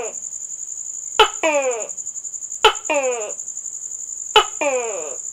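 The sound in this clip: Gecko calls: a sharp click followed by a falling, harmonic croak, repeated about every one and a half seconds over a steady high-pitched whine.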